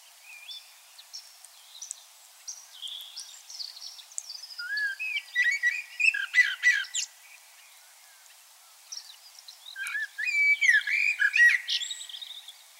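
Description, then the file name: Common blackbird song: mellow fluted phrases that break into dense, squeaky twittering, in two bouts separated by a quieter pause. "Turdus merula"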